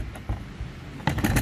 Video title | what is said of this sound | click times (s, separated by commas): Review Set PANTHER P55LB on FORZA300 | ครับแล้วดูให้มันเข้าล้อให้เรียบร้อยจุดสังเกตนะลองเมื่อเมื่อเรามั่นใจว่าเขาเข้าล็อกแล้วเนี่ยนะ | 1.1 s